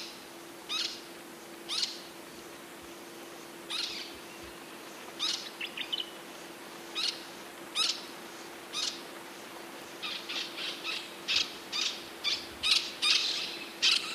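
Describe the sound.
Olive-shouldered parrot calls: short harsh screeches repeated irregularly, coming faster and in tighter runs toward the end, over a steady low hum.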